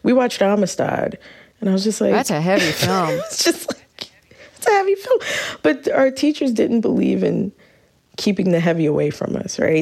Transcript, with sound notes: We watched "Amistad." And I was just like...
That's a heavy film.
(Laughter) I was just like, that's heavy film. But our teachers didn't believe in keeping the heavy away from us, right?